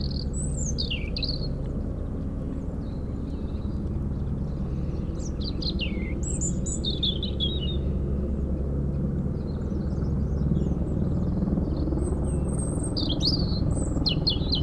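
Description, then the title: European robin song: high, thin warbling phrases that slide up and down, separated by pauses, over a loud, steady, low helicopter drone. Singing in a hedge near Lac du Bourget, Brison-Saint-Innocent, France, during helicopter lifting work on the Colombière cliff, engine sound echoing off Mont Corsuet; Zoom H4n Pro placed vertically on ground. "4 Chem. de la Pointe Forestier, Brison-Saint-Innocent, France - Duo rouge-gorge hélicoptère"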